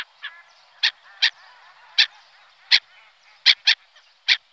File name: racek-chechtavý